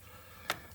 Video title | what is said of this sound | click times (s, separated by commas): Basic maintenance on a 6.7L diesel truck | push that all the way in and snap that thing on make sure it's around there good and tight | 0.5 s